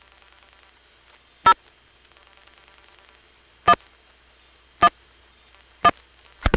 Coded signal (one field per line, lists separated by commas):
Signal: DTMF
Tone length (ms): 60 ms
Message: 0 1 1 1